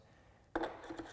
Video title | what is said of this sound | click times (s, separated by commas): Balto Unpacking and Assembly | and lower it and it has a spot where it snaps in place and sits there | 0.6 s